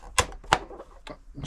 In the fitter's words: snaps into place put the screw on the back to stop it falling off yeah